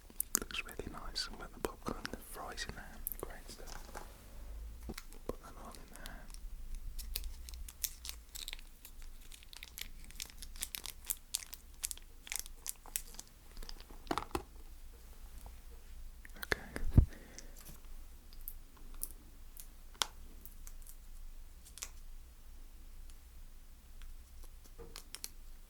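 Mukbang eating of a Zinger burger, BBQ bites and a snack box: wet chewing and crisp clicks, with crinkling packaging busiest over the first six seconds. Soft smacks and crunches continue throughout, and one sharp loud snap lands around seventeen seconds.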